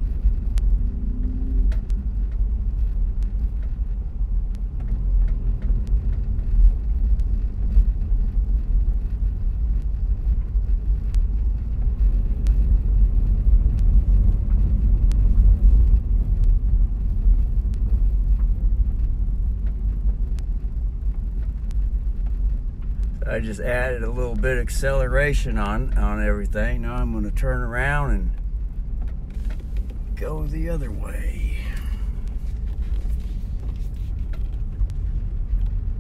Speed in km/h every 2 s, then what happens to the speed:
6, 4, 6, 7, 7, 7, 6, 12, 9, 7, 7, 6, 6, 5, 5, 5, 6, 8.
0-36 steady at about 6.